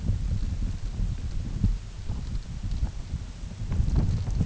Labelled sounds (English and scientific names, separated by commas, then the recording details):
none
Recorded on Arctic tundra, site UTQI-8, on 16 June 2019
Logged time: 20:00